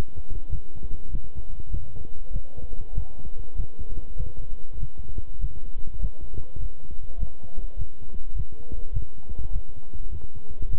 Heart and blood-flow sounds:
heart sounds by stethoscope; between the tricuspid and mitral areas; 100 bpm
0.50 s: heartbeat
1.10 s: heartbeat
1.69 s: heartbeat
2.31 s: heartbeat
2.93 s: heartbeat
3.55 s: heartbeat
4.15 s: heartbeat
4.78 s: heartbeat
5.39 s: heartbeat
5.99 s: heartbeat
6.58 s: heartbeat
7.18 s: heartbeat
7.76 s: heartbeat
8.34 s: heartbeat
8.92 s: heartbeat
9.51 s: heartbeat
10.09 s: heartbeat
10.68 s: heartbeat
From the record:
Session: walking at 3.7 km/h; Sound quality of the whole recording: good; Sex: male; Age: 26 years

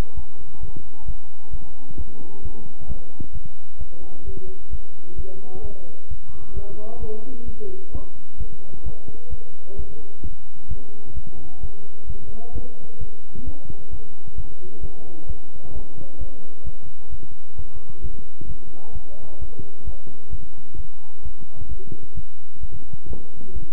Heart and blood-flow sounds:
heart sounds by stethoscope; between the tricuspid and mitral areas; 131 bpm
0.15 s: heartbeat
0.61 s: heartbeat
1.06 s: heartbeat
1.51 s: heartbeat
1.97 s: heartbeat
2.43 s: heartbeat
2.88 s: heartbeat
3.33 s: heartbeat
3.79 s: heartbeat
4.25 s: heartbeat
4.71 s: heartbeat
5.16 s: heartbeat
5.62 s: heartbeat
6.09 s: heartbeat
6.54 s: heartbeat
7.00 s: heartbeat
7.46 s: heartbeat
7.92 s: heartbeat
8.38 s: heartbeat
8.84 s: heartbeat
9.30 s: heartbeat
9.77 s: heartbeat
10.23 s: heartbeat
10.68 s: heartbeat
11.15 s: heartbeat
11.61 s: heartbeat
12.07 s: heartbeat
12.53 s: heartbeat
12.99 s: heartbeat
13.45 s: heartbeat
13.91 s: heartbeat
14.36 s: heartbeat
14.81 s: heartbeat
15.27 s: heartbeat
15.73 s: heartbeat
16.19 s: heartbeat
16.64 s: heartbeat
17.10 s: heartbeat
17.56 s: heartbeat
18.02 s: heartbeat
18.47 s: heartbeat
18.93 s: heartbeat
19.39 s: heartbeat
19.85 s: heartbeat
20.30 s: heartbeat
20.76 s: heartbeat
21.23 s: heartbeat
21.69 s: heartbeat
22.15 s: heartbeat
22.61 s: heartbeat
23.08 s: heartbeat
23.54 s: heartbeat
From the record:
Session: bicycle stress test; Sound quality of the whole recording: good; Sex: male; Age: 23 years

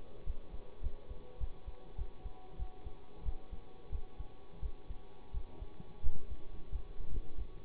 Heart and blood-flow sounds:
heart sounds by stethoscope; between the tricuspid and mitral areas; 93 bpm
0.22 s: heartbeat
0.78 s: heartbeat
1.36 s: heartbeat
1.94 s: heartbeat
2.55 s: heartbeat
3.21 s: heartbeat
3.87 s: heartbeat
4.58 s: heartbeat
5.29 s: heartbeat
5.98 s: heartbeat
6.67 s: heartbeat
7.33 s: heartbeat
From the record:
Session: bicycle stress test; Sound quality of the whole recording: good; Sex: male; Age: 24 years

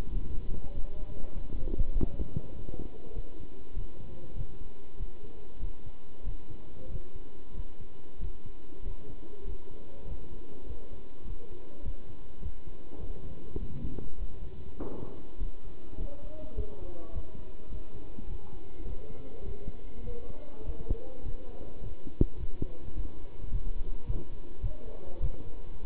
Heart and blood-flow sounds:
heart sounds by stethoscope; between the tricuspid and mitral areas; 100 bpm
0.11 s: heartbeat
0.72 s: heartbeat
1.33 s: heartbeat
1.93 s: heartbeat
2.53 s: heartbeat
3.14 s: heartbeat
3.74 s: heartbeat
4.35 s: heartbeat
4.97 s: heartbeat
5.60 s: heartbeat
6.24 s: heartbeat
6.89 s: heartbeat
7.54 s: heartbeat
8.20 s: heartbeat
8.83 s: heartbeat
9.45 s: heartbeat
10.06 s: heartbeat
10.66 s: heartbeat
11.25 s: heartbeat
11.83 s: heartbeat
12.41 s: heartbeat
12.98 s: heartbeat
13.58 s: heartbeat
14.17 s: heartbeat
14.76 s: heartbeat
15.39 s: heartbeat
15.98 s: heartbeat
16.56 s: heartbeat
17.13 s: heartbeat
17.70 s: heartbeat
18.28 s: heartbeat
18.85 s: heartbeat
19.44 s: heartbeat
20.04 s: heartbeat
20.64 s: heartbeat
21.23 s: heartbeat
21.81 s: heartbeat
22.38 s: heartbeat
22.94 s: heartbeat
23.50 s: heartbeat
24.05 s: heartbeat
24.61 s: heartbeat
25.21 s: heartbeat
25.84 s: heartbeat
From the record:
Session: pedaling a stationary bicycle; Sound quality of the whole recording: good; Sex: male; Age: 27 years

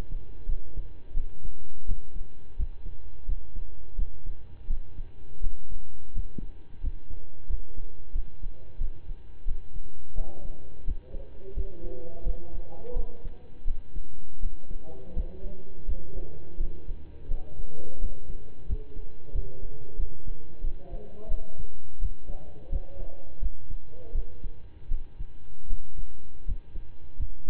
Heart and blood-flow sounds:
heart sounds by stethoscope; between the tricuspid and mitral areas; 85 bpm
0.45 s: heartbeat
1.13 s: heartbeat
1.85 s: heartbeat
2.55 s: heartbeat
3.25 s: heartbeat
3.95 s: heartbeat
4.66 s: heartbeat
5.40 s: heartbeat
6.12 s: heartbeat
6.80 s: heartbeat
7.46 s: heartbeat
8.12 s: heartbeat
8.77 s: heartbeat
9.44 s: heartbeat
10.14 s: heartbeat
10.84 s: heartbeat
11.53 s: heartbeat
12.23 s: heartbeat
12.93 s: heartbeat
13.64 s: heartbeat
14.39 s: heartbeat
15.12 s: heartbeat
15.85 s: heartbeat
16.56 s: heartbeat
17.27 s: heartbeat
17.98 s: heartbeat
18.65 s: heartbeat
19.31 s: heartbeat
19.96 s: heartbeat
20.61 s: heartbeat
21.28 s: heartbeat
21.98 s: heartbeat
22.68 s: heartbeat
23.39 s: heartbeat
24.11 s: heartbeat
24.88 s: heartbeat
25.67 s: heartbeat
26.44 s: heartbeat
27.16 s: heartbeat
From the record:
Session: slow and fast walking with breaks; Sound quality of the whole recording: saturated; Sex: male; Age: 25 years

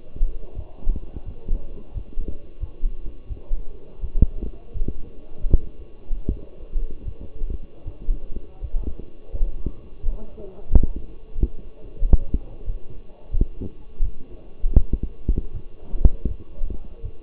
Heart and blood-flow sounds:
heart sounds by stethoscope; between the tricuspid and mitral areas; 84 bpm
0.54 s: heartbeat
1.24 s: heartbeat
1.93 s: heartbeat
2.60 s: heartbeat
3.28 s: heartbeat
4.01 s: heartbeat
4.73 s: heartbeat
5.48 s: heartbeat
6.27 s: heartbeat
7.04 s: heartbeat
7.84 s: heartbeat
8.60 s: heartbeat
9.32 s: heartbeat
10.01 s: heartbeat
10.69 s: heartbeat
11.34 s: heartbeat
11.99 s: heartbeat
12.65 s: heartbeat
13.31 s: heartbeat
14.01 s: heartbeat
14.76 s: heartbeat
15.52 s: heartbeat
16.27 s: heartbeat
17.01 s: heartbeat
From the record:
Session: walking at 3.7 km/h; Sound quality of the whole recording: partially saturated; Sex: male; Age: 24 years

